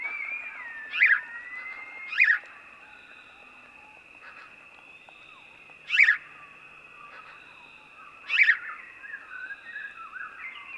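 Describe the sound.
House sparrow calls: four sharp, harsh chirps at uneven intervals, with faint sliding tones and a steady high background whine.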